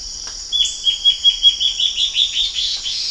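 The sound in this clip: Bird producing a rhythmic chain of sharp, high, falling chirps that run together and rise toward the end, with a loud steady insect buzz behind.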